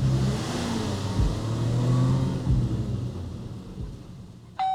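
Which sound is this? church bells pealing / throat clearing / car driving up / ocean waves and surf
car driving up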